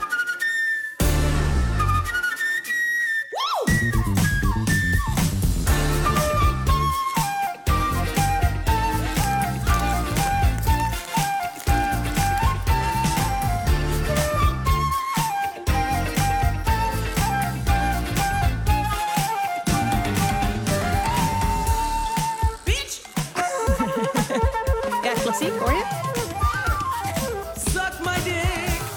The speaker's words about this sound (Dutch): Ja, de combinatie is natuurlijk prachtig met wat ze roept en dat ze dus eigenlijk wel klassiek fluit speelt. Maar hoe, want ik kan het niet beoordelen, maar kan ze echt goed fluiten? Ja, je kan horen dat ze fluit gestudeerd heeft.